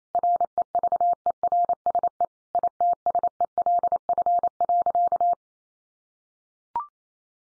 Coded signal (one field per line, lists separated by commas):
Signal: Morse code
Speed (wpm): 28 wpm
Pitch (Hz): 700 Hz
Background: none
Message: REVERSE ITSELF.